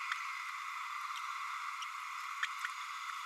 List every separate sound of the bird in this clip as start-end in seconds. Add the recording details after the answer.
2.42-2.46. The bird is a female. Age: 29 days. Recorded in a nest box in Venezuela. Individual 17B32A7